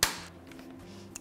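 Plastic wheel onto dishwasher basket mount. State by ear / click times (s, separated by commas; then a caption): seated / 0.0 s. A plastic basket wheel is pressed onto its mount on a dishwasher basket and snaps on with a sharp click at 0.0 s, seating it in place. Faint ticks follow at about 0.5 s and 0.6 s, then a brief sharper tick at 1.2 s.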